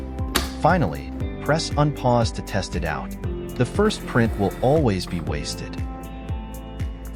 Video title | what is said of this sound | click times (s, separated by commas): How to Set Up a Zebra Printer for your Event | now close it until you hear a click sound | 0.4 s